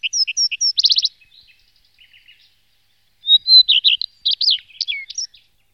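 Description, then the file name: Common redstart song: a few clear high notes repeated, then a quick burst of buzzy notes, a pause, and a second varied twittering phrase with scratchy, rising and falling elements. "rehek-zahradní"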